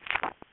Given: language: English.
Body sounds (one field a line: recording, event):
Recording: throat vibration sensor signal played as sound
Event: swallow